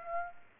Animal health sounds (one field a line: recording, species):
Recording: mosquito wingbeat signal from an infrared sensor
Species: Aedes aegypti